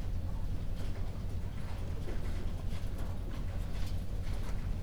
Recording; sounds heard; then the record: poultry house recording; healthy chickens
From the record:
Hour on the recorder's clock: 0